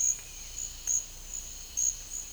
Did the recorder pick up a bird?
no